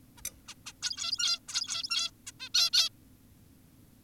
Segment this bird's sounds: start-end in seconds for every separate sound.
0.18-0.22, 0.48-0.54, 0.66-0.73, 0.82-1.40, 1.48-2.11, 2.27-2.32, 2.40-2.49, 2.54-2.70, 2.73-2.89